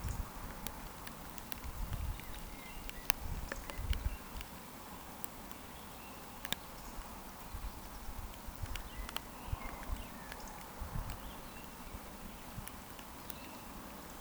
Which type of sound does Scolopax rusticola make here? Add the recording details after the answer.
whistle. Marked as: whistle, whistle, whistle, whistle, whistle. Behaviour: display flight. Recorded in Baden-Württemberg, Germany, on 14 June 2020 at 19:30 UTC. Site 14569, 102 m above sea level